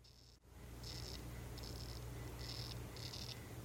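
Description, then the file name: Uakari poison frog call, four brief buzzy bursts evenly spaced over a few seconds, against a low constant hum. "ranitomeya ukarii calling"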